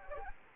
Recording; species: mosquito wingbeat signal from an infrared sensor; Anopheles arabiensis